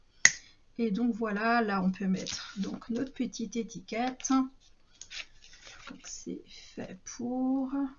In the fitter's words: ensuite on le remet dessus ça se clipse tout seul et